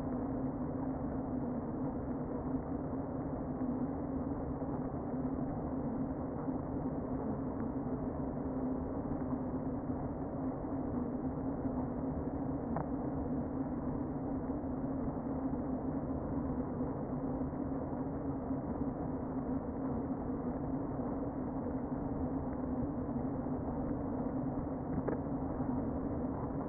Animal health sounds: honeybee colony, microphone inside the hive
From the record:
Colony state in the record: queen present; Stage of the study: before two queens were removed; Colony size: about 60,000 bees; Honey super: yes

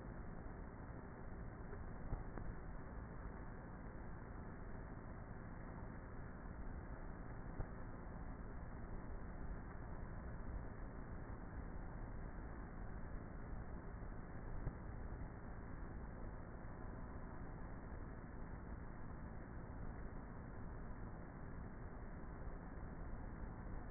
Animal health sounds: honeybee colony, microphone inside the hive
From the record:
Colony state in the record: queenless with a low population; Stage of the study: before two queens were removed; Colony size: about 30,000 bees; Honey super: no

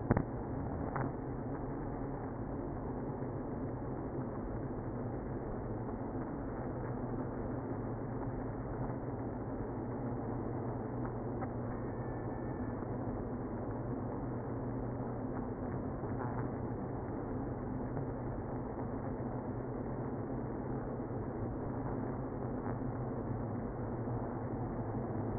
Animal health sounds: honeybee colony, microphone inside the hive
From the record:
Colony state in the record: queenless (queen removed); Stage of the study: after two queens were removed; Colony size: about 60,000 bees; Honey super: yes

